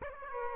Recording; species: mosquito wingbeat signal from an infrared sensor; Aedes aegypti